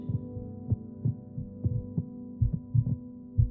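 Soft, low thuds repeat through the clip in two overlapping, slightly offset rhythms, with a steady electrical hum underneath. These are two adult heartbeats played together, their beats drifting closer as the rhythms begin to merge.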